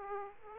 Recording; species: mosquito wingbeat signal from an infrared sensor; Aedes aegypti